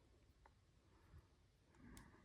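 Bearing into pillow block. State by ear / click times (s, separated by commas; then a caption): not seated / none. A bearing is pressed by hand into a pillow block, with only faint ticks and light handling noise, including small taps near 0.5 s and 2.0 s and a duller knock at the very end. The bearing does not pop into place, and nothing has seated or clicked yet.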